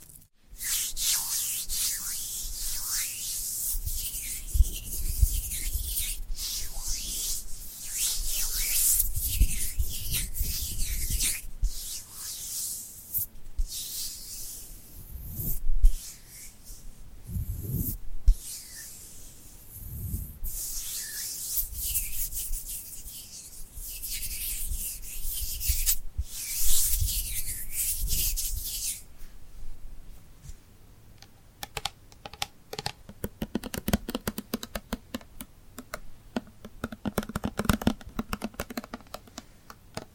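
Glued hands rub and peel with dense, bright scratchy friction for about thirty seconds, then shift to sparser sticky crackles and taps.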